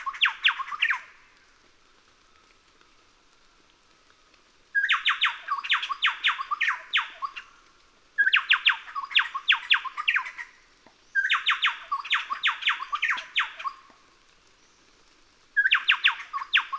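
Chowchilla song: several bursts of loud, harsh, rapid chattering notes, each a few seconds long, separated by quiet gaps.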